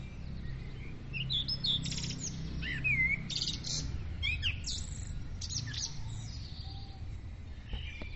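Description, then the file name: Birds chirping and whistling in short scattered notes, one slurred whistle near three seconds, over a steady low rumble. Dawn bird chorus, recorded at dawn with a Zoom recorder. "Madarak hajnali dicsérete"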